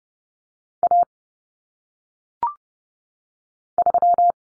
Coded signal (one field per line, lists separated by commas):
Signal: Morse code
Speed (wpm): 30 wpm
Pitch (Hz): 700 Hz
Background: none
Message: A 3